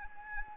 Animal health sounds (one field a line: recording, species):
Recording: mosquito wingbeat signal from an infrared sensor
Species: Anopheles arabiensis